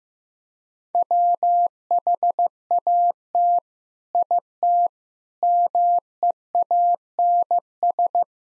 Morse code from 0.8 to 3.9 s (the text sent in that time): WHAT